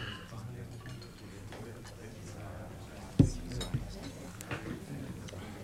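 Glasses clink together in a toast: one bright, sharp chink followed half a second later by a softer tap, then a few faint knocks over a low, steady background hum.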